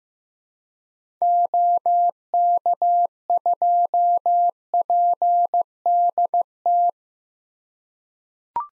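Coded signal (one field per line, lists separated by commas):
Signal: Morse code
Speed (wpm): 15 wpm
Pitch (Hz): 700 Hz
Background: none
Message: OK2PDT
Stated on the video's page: Morse drill of common SOTA activator callsigns at 15 wpm; each is sent, spoken, then sent again.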